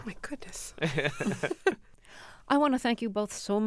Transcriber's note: laughter